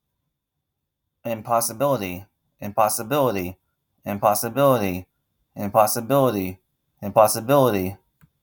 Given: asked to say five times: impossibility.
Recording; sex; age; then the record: repeated word; male; 40 to 49 years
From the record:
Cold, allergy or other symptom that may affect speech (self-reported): no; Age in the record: 42 years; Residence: Arizona, United States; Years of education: 16